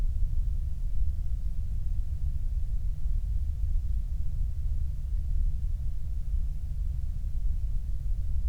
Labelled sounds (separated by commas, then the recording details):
flare stack
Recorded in the Prudhoe Bay oil fields, Alaska, on 8 July 2019 at 05:59
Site 25